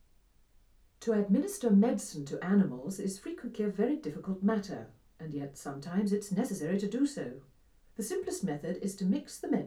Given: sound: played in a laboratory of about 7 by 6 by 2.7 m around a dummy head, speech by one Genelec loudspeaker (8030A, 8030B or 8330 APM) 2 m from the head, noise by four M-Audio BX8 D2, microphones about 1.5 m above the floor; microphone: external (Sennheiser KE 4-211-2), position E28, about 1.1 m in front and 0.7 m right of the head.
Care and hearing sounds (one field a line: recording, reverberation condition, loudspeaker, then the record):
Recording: female speech in English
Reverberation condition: low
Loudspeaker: 60 degrees to the left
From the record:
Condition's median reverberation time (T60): about 310 ms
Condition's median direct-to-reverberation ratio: about 3.5 dB